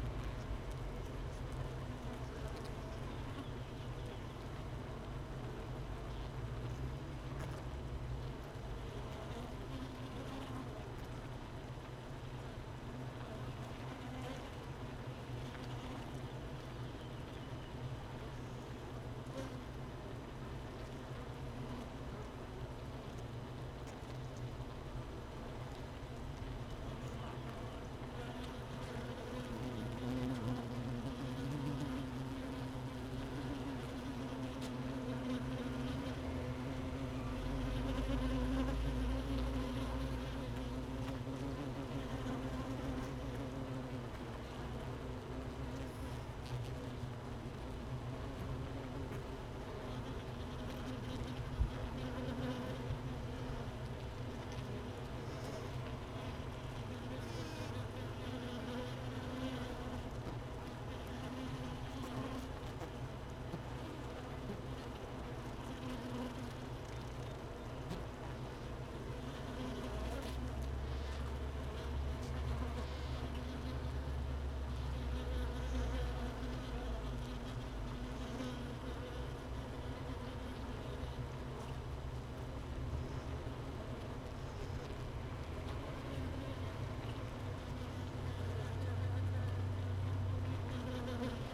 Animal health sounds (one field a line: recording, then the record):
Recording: honeybee colony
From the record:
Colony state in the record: missing queen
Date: 31 May 2018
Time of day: 13:27